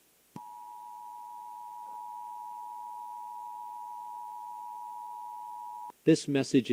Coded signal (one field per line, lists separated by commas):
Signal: Emergency Alert System (SAME) tones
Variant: 853 and 960 Hz attention tone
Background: speech